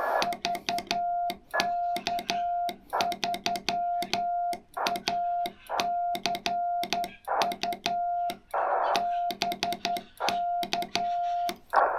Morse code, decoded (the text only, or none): VK3ACU BKE